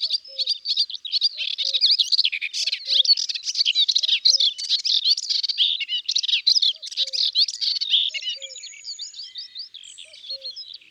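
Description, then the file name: Melodious warbler singing a long, fast, breathless babble of chirps and chatters that thins into higher twitters, with quiet low two-note sounds recurring behind. Recorded in the countryside. "Hypolais polyglotte Chants doiseaux dans la campagne"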